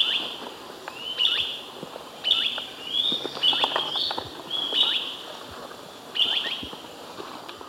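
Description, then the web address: Yellow-throated Flycatcher calls: short, high notes repeated several times at slightly irregular intervals over steady background noise. Recorded in the eastern lowlands of South America. "Natures Songs S America Eastern Lowlands. Yellow-throated Flycatcher"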